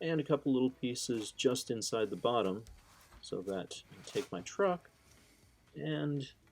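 Someone talks while handling a scratch-built plastic rear cap for a 1/24 scale model pickup truck, which is about to be pressed onto the truck bed, where small pieces inside the bottom hold it. Nothing has seated or clicked yet.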